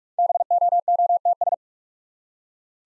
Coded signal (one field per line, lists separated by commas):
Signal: Morse code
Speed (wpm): 44 wpm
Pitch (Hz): 700 Hz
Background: none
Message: BOOTS